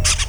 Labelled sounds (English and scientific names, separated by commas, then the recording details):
Brown-throated Parakeet (Eupsittula pertinax) contact call
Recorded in Venezuela
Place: PN Cerro Saroche, Tierras del Sr. Polo, Edo. Lara
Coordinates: 10.171, -69.518